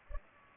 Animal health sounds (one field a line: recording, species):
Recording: mosquito wingbeat signal from an infrared sensor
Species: Culex pipiens